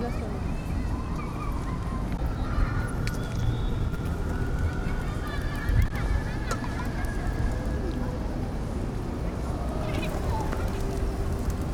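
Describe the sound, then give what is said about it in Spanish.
Pigeons coo and flap their wings in Plaza San Francisco in Cali, the bird sounds partly buried under steady wind noise, a low murmur of voices, and scattered brief honks. “Sonido de palomas.”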